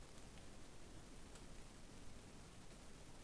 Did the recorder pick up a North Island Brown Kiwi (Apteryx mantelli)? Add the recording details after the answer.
no. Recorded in New Zealand on 8 January 2015. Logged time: 01:58. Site BX23